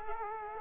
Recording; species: mosquito wingbeat signal from an infrared sensor; Culex quinquefasciatus